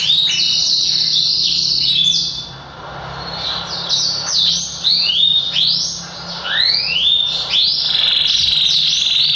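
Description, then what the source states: Yorkshire canary song in separated phrases of swooping whistles and short trills, with quieter gaps between bursts. Song described as super long.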